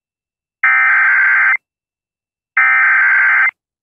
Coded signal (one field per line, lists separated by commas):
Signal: Emergency Alert System (SAME) tones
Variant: header bursts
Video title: EAS Confirmed Tornado EAS#264